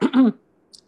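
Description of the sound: A single brief, voiced throat clear by an adult woman, about a third of a second, followed by quiet. Her voice sounds different, which she puts down to the change of season.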